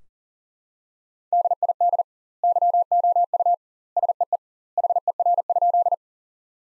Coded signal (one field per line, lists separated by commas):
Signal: Morse code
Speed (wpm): 40 wpm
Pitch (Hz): 700 Hz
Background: none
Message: DID YOU SEE HER?